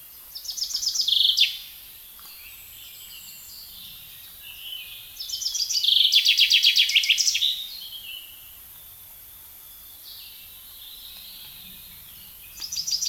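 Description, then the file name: Common chaffinch repeating its song, a short phrase near the start, a full descending trill with flourish midway, and another beginning at the end; quieter birds between. "Fringilla coelebs"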